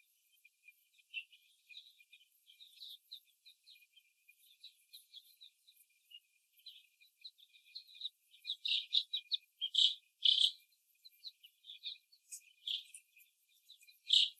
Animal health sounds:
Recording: young laying hens in a cage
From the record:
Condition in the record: before the stressor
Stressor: simulated dog barking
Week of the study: 1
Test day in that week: 2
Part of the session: 4

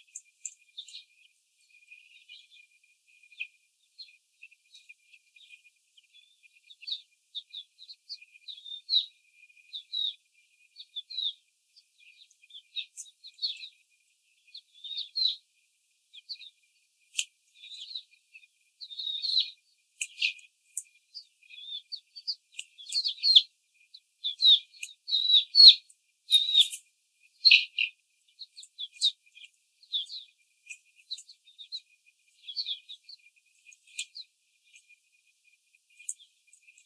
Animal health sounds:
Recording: young laying hens in a cage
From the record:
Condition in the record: before the stressor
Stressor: simulated dog barking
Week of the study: 4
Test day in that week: 3

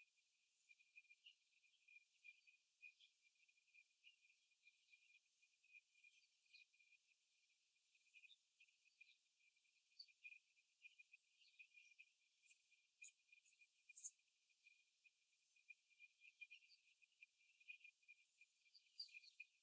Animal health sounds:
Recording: young laying hens in a cage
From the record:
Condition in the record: before the stressor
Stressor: simulated dog barking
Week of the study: 3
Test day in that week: 2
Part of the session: 2

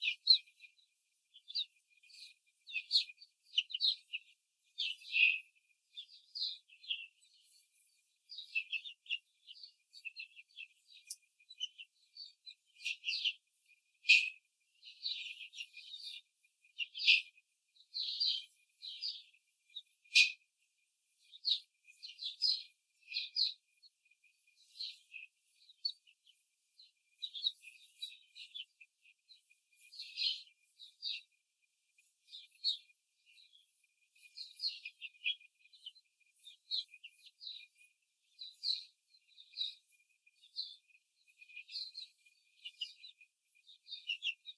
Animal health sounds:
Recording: young laying hens in a cage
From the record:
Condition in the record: control cage, after the stress test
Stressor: none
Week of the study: 4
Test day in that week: 1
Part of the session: 4

